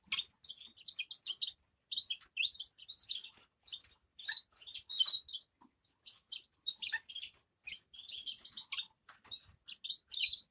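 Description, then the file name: Grass parakeet chirping: a steady stream of high, thin twitters and short squeaky notes in quick bursts, with brief pauses, and no other clear sounds. "travyanye popugaiciki"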